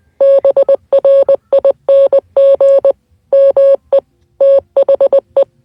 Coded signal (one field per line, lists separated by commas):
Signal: Morse code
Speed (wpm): 20 wpm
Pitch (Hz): 550 Hz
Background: none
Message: BRING ME THE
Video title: Morse code